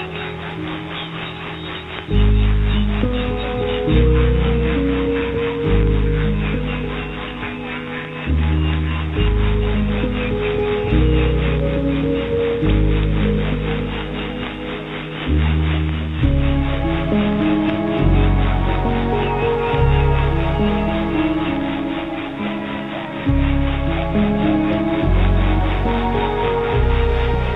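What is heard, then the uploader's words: Shortwave radio plays a dense, warbling stream of low tones shifting in blocks every couple of seconds, with hiss and buzzing above. Lost voices in night static. A short relay of the strange, haunting and ghost-like night life of shortwave radio.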